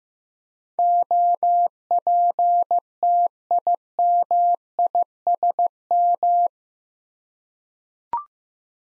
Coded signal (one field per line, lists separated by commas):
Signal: Morse code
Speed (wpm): 15 wpm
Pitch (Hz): 700 Hz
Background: none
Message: OPTIMISM